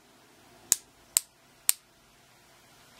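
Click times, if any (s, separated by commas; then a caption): 0.7 s, 1.2 s, 1.7 s. A barrel retaining nut on a Swedish K M/45 submachine gun is hand-tightened, then snugged further so its spring-loaded ratchet plunger clicks over the teeth, limited to a few clicks to avoid wearing out the ratchet teeth and plunger. Three sharp, bright clicks sound at 0.7, 1.2 and 1.7 seconds, with a faint tick near 3.0 seconds. The nut is seated.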